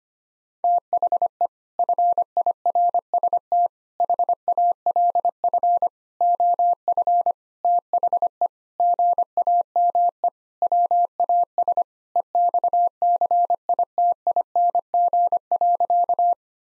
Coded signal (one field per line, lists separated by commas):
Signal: Morse code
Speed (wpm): 25 wpm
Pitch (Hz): 700 Hz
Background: none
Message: THE FIRST HALF OF THE GAME WAS EXCITING.